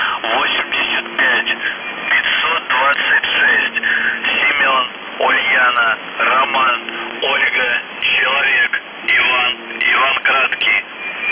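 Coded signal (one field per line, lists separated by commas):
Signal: numbers station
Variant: UVB-76, Russian voice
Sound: male voice reading words over shortwave radio, with intermittent low hum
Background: radio static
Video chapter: 00:57 1229z Voice Message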